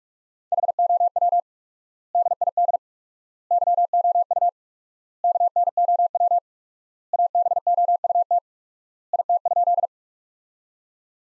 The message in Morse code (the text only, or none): HOW DID YOU KNOW ABOUT IT?